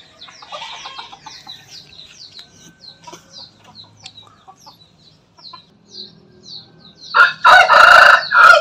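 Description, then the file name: Bangkok chicken: rooster crowing: a loud, harsh crow bursts in near the end after several seconds of quick, high chirping from small birds. Bangkok chicken (ayam bangkok) breed, crowing. "suara ayam bangkok berkokok"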